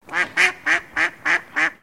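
Duck quacking, six loud nasal quacks in quick, even succession over just under two seconds, each harsh and buzzy, with no other sounds.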